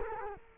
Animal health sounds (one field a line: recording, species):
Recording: mosquito wingbeat signal from an infrared sensor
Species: Culex quinquefasciatus